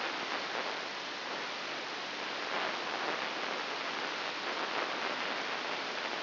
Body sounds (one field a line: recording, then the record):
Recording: brain microelectrode recording played as sound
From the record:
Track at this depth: inside the subthalamic nucleus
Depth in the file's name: 3.004 mm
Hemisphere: right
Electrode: 3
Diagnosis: Parkinson's disease